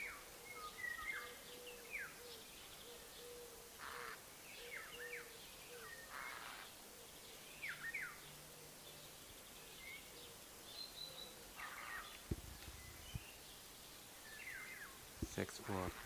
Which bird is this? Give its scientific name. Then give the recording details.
Garrulus glandarius. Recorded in the wild. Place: Russalka, Dobrudsha, BG. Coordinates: 43.4164, 28.5133. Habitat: park. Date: 2005-07-22. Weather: sunny, 23°C. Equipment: Marantz PMD 660, Sennheiser ME 80, K 3 U, Schalter III. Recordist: Frommolt, Karl-Heinz. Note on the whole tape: Ferienanlage Russalka: Rufe. Tier gesehen